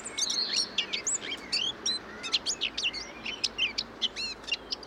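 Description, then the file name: Eurasian blackcap warble, steady fast flow of high chirps, scratchy notes and slurred whistles throughout. "Sylvia atricapilla"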